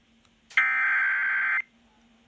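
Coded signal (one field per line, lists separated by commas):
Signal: Emergency Alert System (SAME) tones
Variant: header bursts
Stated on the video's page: Flash flood and severe thunderstorm warnings from weather radio WXL40 and relayed on FM stations WSOX, WGTY, WWKL, WFVY.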